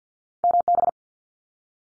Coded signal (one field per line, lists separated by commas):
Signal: Morse code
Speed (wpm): 50 wpm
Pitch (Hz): 700 Hz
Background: none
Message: MB